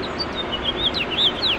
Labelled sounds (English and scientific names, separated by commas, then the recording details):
House Finch (Haemorhous mexicanus) song
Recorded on Long Island, New York, on 21 March 2012
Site FL
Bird B